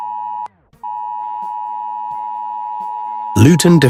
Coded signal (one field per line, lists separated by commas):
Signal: Emergency Alert System (SAME) tones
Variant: 853 and 960 Hz attention tone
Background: speech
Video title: BBC Emergency Alert system (Jimmy Falconh ) [2024]